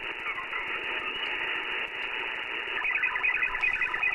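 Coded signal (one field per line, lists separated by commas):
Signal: automatic link establishment (ALE)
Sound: radio hiss, then a rapid warbling burst of short hopping tones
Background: radio static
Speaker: that is ailey right there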